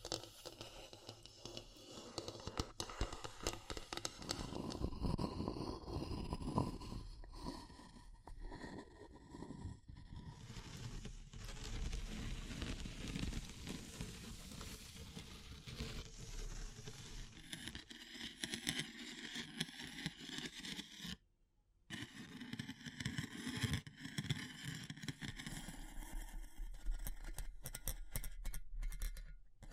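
Wood, bamboo and straw being handled: continuous dense scraping and crackling with rustling bursts, a brief silence near twenty-one seconds, then tapping.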